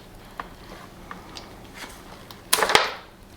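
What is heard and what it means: A plastic release tool is fitted across the arrow marks on a solar panel cable connector to free the latch. After a few faint ticks, a sharp snap at 2.5 s is followed by a second crack at about 2.8 s. The connector unlocks and the two halves are pulled apart.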